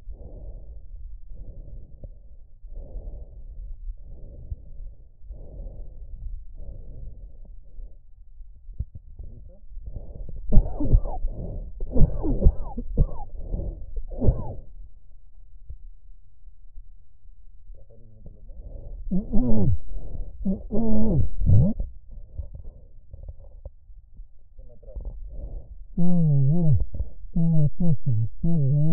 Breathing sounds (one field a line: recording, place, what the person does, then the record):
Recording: lung sounds by stethoscope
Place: right anterior apical chest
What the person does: quiet breathing, then cough and speech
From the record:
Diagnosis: COPD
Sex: male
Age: 75 years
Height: 182 cm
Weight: 98 kg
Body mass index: 29.6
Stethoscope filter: extended mode